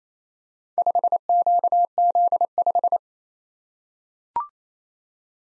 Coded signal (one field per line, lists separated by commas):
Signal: Morse code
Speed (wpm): 29 wpm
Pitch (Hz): 700 Hz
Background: none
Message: 5QZ5